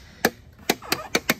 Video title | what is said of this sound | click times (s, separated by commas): NoBo 10.6 Thin Shade Window Swap | and you do want to go around it a few times like you hear those initial clicks | 0.2 s, 0.7 s, 0.9 s, 1.1 s, 1.3 s